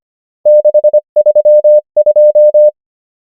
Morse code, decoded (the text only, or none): 6 3 2